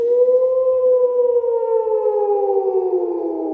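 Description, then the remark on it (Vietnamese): A single long wolf howl holds one loud, unbroken tone for several seconds, sliding gradually lower in pitch toward the end. No voices are present. “Một hồi tru dài dằn dặc vang lên, rợn người.”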